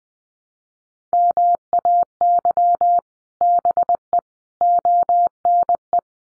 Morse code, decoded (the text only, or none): MAY BE ONE